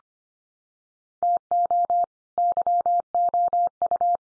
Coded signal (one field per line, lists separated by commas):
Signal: Morse code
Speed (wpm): 25 wpm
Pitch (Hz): 700 Hz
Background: none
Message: TO YOU